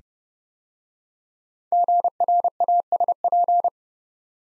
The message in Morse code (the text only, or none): GRASP